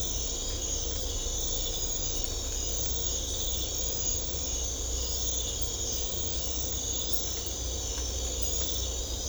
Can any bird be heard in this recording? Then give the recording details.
no. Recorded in secondary vegetation near Puerto Asís, Putumayo, Colombia, on 18 December 2024 at 00:00. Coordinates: 0.500, -76.326. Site G065